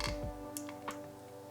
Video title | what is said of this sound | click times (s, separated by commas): NOOIE 360 Cam 2 - Automatic Motion Tracking & Detection! | and make sure it clicks | 0.6 s